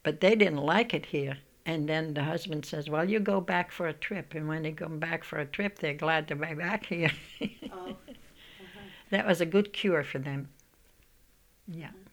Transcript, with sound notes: But they didn't like it here, and then the husband says, "Well, you go back for a trip." And when they come back from the trip, they're glad to be back here. ( she laughs )
Oh. Uh-huh.
That was a good cure for them. Yeah.